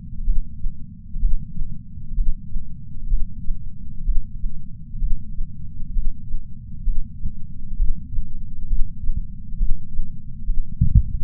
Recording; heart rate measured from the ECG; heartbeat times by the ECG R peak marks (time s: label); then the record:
heart sounds by patch sensor on the chest; 65 bpm
0.23 s: heartbeat
1.19 s: heartbeat
2.14 s: heartbeat
3.07 s: heartbeat
4.03 s: heartbeat
4.98 s: heartbeat
5.92 s: heartbeat
6.83 s: heartbeat
7.75 s: heartbeat
8.66 s: heartbeat
9.56 s: heartbeat
10.44 s: heartbeat
From the record:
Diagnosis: coronary artery disease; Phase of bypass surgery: preoperative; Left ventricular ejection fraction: 64.4%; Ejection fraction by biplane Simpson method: 54.2%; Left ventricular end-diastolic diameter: 51 mm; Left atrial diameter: 34 mm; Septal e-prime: 9.9 cm/s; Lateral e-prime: 12.4 cm/s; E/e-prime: 7.7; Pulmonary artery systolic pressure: 20 mmHg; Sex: male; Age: 66 years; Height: 176 cm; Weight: 74.5 kg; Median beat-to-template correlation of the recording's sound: 0.93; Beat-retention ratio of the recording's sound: 0.99